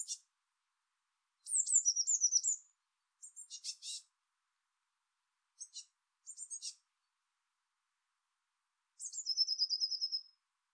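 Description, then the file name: Eurasian blue tit calls: high thin notes, buzzy scolding chatters and a final trill, given in irregular bursts separated by silence. "Cyanistes caeruleus"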